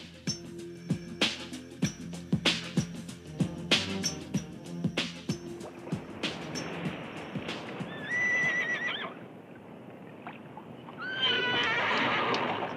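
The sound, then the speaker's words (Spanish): Horses whinny with high, wavering neighs while hooves clop in a steady, galloping rhythm, followed by louder, drawn-out neighing and snorting as the hoofbeats fade. “¡Tengan cuidado con esos caballos!”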